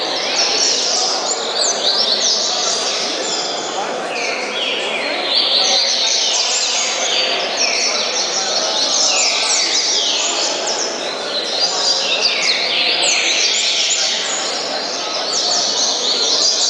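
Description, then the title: Double-collared seedeater song: long sequence of rapid high slurred notes and falling sweeps in bursts, with steady hissing noise underneath. "Canto Coleiro"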